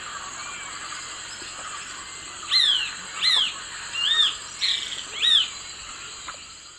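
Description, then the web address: Great kiskadee dawn song: a series of five clear, arched whistled notes, each rising then falling, over a steady high background hum. Dawn song recorded in the eastern lowlands of South America. "Nature Songs S America Eastern Lowlands. Pitangus sulphuratus, dawn song"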